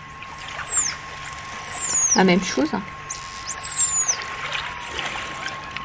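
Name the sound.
dolphin signature whistle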